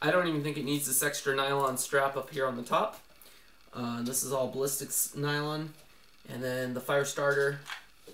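Someone talks while handling a Bear Grylls Ultimate Pro knife sheath made of rubber and ballistic nylon, with an extra nylon strap at the top, and brings the fire starter rod toward its holder on the sheath. Only speech is heard, with quiet pauses between phrases. The fire starter has not seated or clicked into the holder yet.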